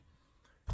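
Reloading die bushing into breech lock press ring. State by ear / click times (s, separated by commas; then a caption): seated / 0.7 s. A breech lock die bushing is inserted into a reloading press's breech lock ring and turned until it locks. After a quiet stretch, a faint shift is heard around 0.5 s, then a sharp, louder click at 0.7 s as the bushing seats in place.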